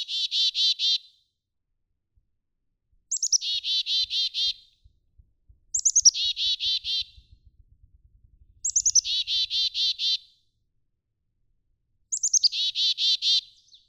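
Black-capped chickadee giving its chick-a-dee call: high sharp notes followed by a run of buzzy dee notes, repeated several times.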